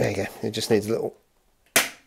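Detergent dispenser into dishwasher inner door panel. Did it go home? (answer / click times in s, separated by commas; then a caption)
yes / 1.8 s. Someone talks as a replacement plastic detergent dispenser is pushed firmly into the opening in the inner door panel of a Beko / Grundig dishwasher, needing a real push. After a brief quiet, a single sharp, bright click rings out at 1.8 s and fades quickly. The retaining lugs engage and the dispenser is seated with enough tension to keep a watertight seal.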